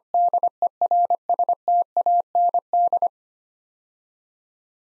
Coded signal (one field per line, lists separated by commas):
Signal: Morse code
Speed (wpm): 25 wpm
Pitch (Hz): 700 Hz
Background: none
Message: DERSTAND